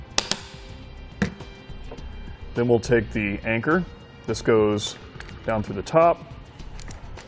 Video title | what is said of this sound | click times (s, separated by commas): etrailer - Mount: Yakima RidgeLine Roof Rack for Flush Rails on a 2018 Ford Edge | take our adapter that just clips into place listen for the click then | 0.2 s